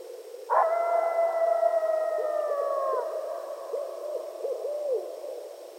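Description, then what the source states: Coyote howl beginning abruptly on a steady high pitch, held about two and a half seconds and then sliding lower, with bouncy short yelps from other coyotes beneath. Several coyotes at night, recorded 15 February 2012.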